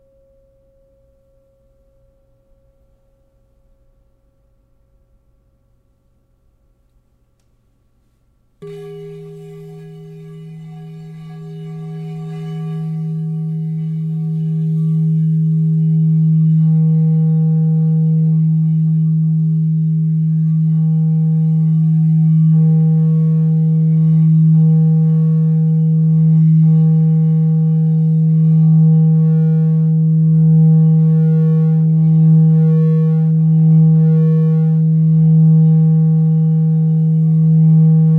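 A crystal singing bowl: after about eight seconds of near silence with a faint high tone, a deep, pure tone enters suddenly. It swells louder over the next several seconds, then holds steady to the end, with higher ringing tones shimmering and pulsing above it.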